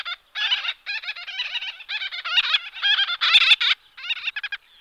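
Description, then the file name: Gull-billed tern giving harsh nasal notes in quick overlapping series, with short gaps between the bursts. "sterna zampenere"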